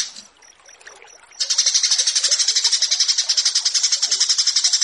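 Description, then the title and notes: Horsfield's bush lark song: quiet opening with thin high whistles, then a loud, dense, buzzy trill of rapid regular pulses to the end. Bird-keeping song tutoring recording (masteran) of a branjangan, presented as branjangan versus burger. "Branjangan VS BURGER Masteran Mewah 1. burung BRANJANGAN"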